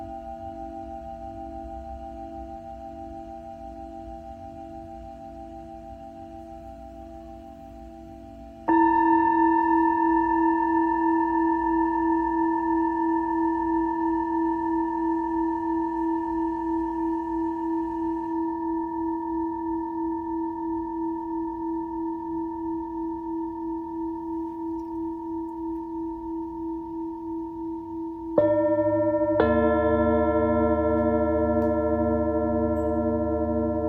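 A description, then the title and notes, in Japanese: Singing bowls vibrate with long, steady ringing tones. A soft low hum opens, then a new bowl is struck near nine seconds, ringing brighter and fading slowly with a gentle pulsing waver. Around twenty-eight seconds another strike adds a louder, fuller layered ring. シンギングボウルライブ。シンギングボウルの振動。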